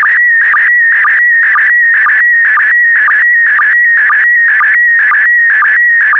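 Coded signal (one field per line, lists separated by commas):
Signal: SSTV (slow-scan television)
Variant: PD120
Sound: warbling tone around 2 kHz interrupted by short low sync blips about twice a second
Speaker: complete. You can now check your decoded image against the picture that is shown on the video.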